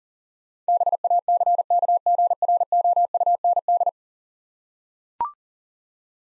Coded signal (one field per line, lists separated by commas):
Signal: Morse code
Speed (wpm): 40 wpm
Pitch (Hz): 700 Hz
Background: none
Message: BACKGROUND